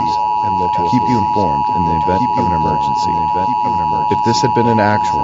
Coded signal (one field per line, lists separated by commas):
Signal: Emergency Alert System (SAME) tones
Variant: 853 and 960 Hz attention tone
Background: speech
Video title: National EAS Test of 2016 [RECREATION]